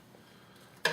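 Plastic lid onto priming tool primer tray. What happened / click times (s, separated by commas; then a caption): The plastic lid snapped on / 0.9 s. The plastic lid of a priming tool's primer tray is put back on and snaps into place with a single sharp click at 0.9 s after near-silence. The lid is seated.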